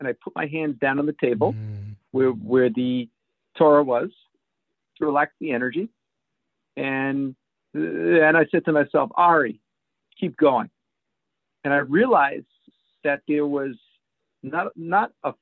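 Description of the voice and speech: Adult male speech with part-word repetitions, a stretched sound and long pauses, typical of stuttering, in a man who has moved from being a covert stutterer to an overt stutterer.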